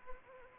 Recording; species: mosquito wingbeat signal from an infrared sensor; Anopheles arabiensis